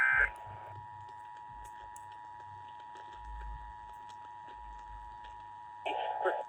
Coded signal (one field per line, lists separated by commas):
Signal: Emergency Alert System (SAME) tones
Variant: 853 and 960 Hz attention tone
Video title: NOW WITH 100% MORE KRET! EAS Tests from October 2023